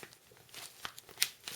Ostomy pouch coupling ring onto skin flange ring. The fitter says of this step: just hear it snapping closed now so